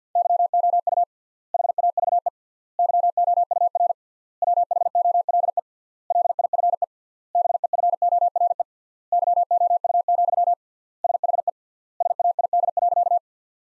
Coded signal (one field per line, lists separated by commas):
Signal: Morse code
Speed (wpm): 50 wpm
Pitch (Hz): 700 Hz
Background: none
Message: YOU HAVE YOUR WHOLE LIFE BEFORE YOU, SHE SAID.